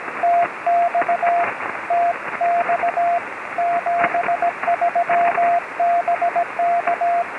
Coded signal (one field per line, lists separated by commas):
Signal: Morse code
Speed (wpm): 18 wpm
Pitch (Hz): 700 Hz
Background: radio noise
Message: TX TX 73 BK